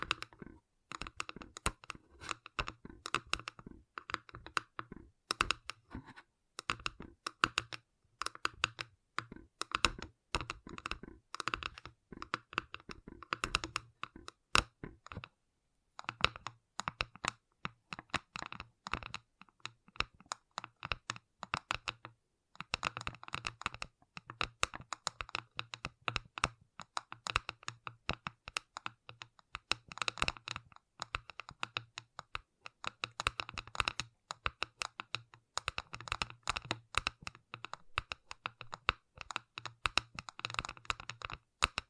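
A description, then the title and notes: Gentle tapping runs in quick, uneven bursts like typing on keys, with brief pauses near fifteen and twenty-two seconds before it resumes. ASMR Gentle Tapping.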